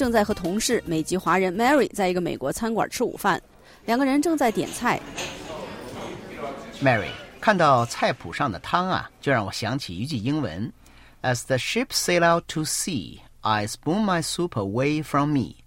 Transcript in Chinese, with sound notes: 正在和他的同事美籍华人 Mary 在一个美国餐馆吃午饭。两人正在点菜。
(Office ambience) Mary, 看到菜谱上的汤就让我想起一句英文："As the ships sail out to sea, I spoon my soup away from me."